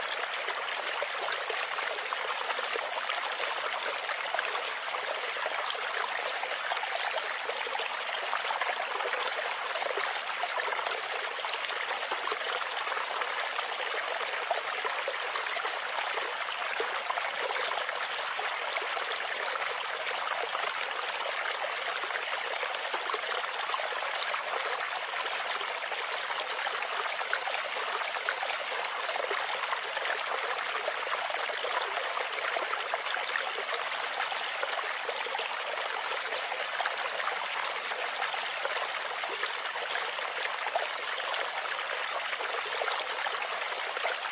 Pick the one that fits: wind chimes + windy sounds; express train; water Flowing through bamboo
water Flowing through bamboo